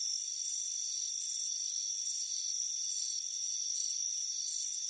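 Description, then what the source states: Cricket: short shrill chirps repeat in uneven clusters, louder and quieter, above a steady high-pitched ringing. Crickets chirping on a warm afternoon at a front porch.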